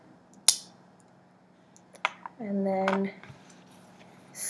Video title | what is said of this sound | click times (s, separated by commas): New Project 1 | and then press down and wait for the click | 0.5 s